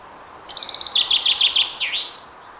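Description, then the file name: Common chaffinch song: a bright run of repeated notes that drops in pitch, ending in a quick flourish, all within about one and a half seconds. "Fringilla coelebs"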